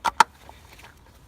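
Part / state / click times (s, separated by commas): oil filter element into filter housing cap / seated / 0.2 s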